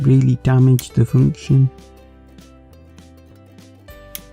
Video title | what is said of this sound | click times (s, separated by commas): Wicked Cool Toys Necrozma Pokemon Toy Review + UNBOXING WCT Necrozma pokemontoys HDES | here you can see it just lock into place in various positions but | 4.2 s